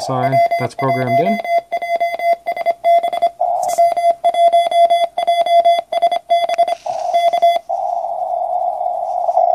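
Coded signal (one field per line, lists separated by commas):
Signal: Morse code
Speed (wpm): 26 wpm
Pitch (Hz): 2050 Hz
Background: speech, radio noise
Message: W1JSB W1JSB K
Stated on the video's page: 20 meter QRP CW from a solar-powered Small Wonder Labs SW+ transceiver with integrated touchkeyer and audio filter.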